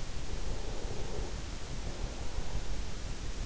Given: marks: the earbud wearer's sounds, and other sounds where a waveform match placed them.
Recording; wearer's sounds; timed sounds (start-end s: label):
sounds in sleep by an in-ear microphone; breath
0.22-3.33 s: breath